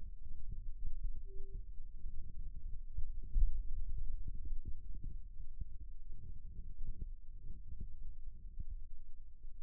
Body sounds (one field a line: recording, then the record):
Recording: forearm muscle sounds (acoustic myography)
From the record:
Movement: pen grasping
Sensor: system 2, bracelet of six BSWA MPA416 microphones around the upper forearm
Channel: 2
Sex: male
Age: 22 years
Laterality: right